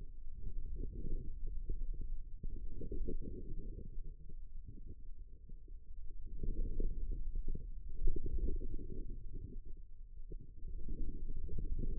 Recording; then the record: forearm muscle sounds (acoustic myography)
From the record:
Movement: ulnar deviation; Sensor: system 2, bracelet of six BSWA MPA416 microphones around the upper forearm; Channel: 4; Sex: female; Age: 25 years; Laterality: right